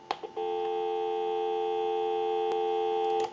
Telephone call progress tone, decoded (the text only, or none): dial tone